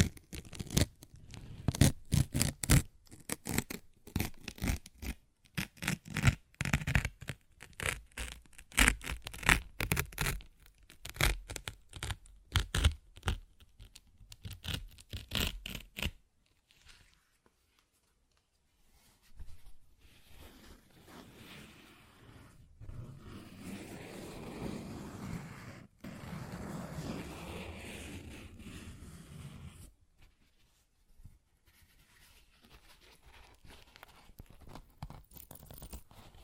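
Paper is ripped in quick, jagged bursts through the first sixteen seconds, dense crackly tears following one another rapidly. After a short near-silence, a softer, steadier rustling tear runs from about twenty to thirty seconds, then fades into faint scattered crinkles.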